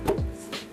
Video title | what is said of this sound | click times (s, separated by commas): Spider Farmer clone machine : First impressions and assembly w: Chad Westport | you feel it click into place and there you go that's how you attach the light pole | 0.1 s